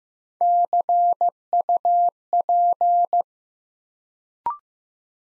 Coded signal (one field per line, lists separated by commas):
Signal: Morse code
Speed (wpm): 15 wpm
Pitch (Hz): 700 Hz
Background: none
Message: CUP